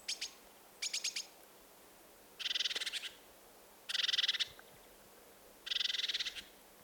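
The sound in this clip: Bird chirping: five short bursts of rapid, high, buzzy chirps and trills spaced across seven seconds, over a steady low hiss.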